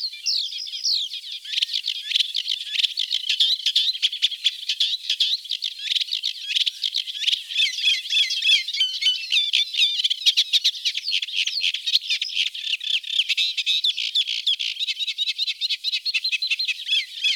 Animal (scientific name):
Acrocephalus scirpaceus